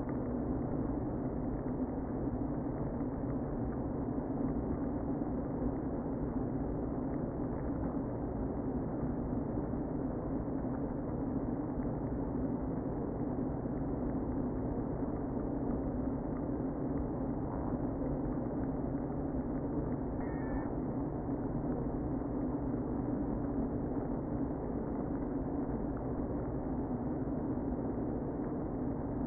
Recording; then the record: honeybee colony, microphone inside the hive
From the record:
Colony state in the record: queen present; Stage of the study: before two queens were removed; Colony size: about 60,000 bees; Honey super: yes